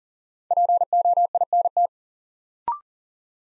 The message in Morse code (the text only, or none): POINT